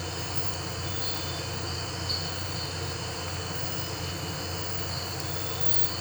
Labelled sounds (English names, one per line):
none